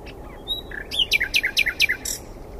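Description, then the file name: Common nightingale song phrase: a few thin whistles and a low note, then a fast run of about six loud chopping notes sweeping down, ending in a bright high burst. "Luscinia megarhynchos"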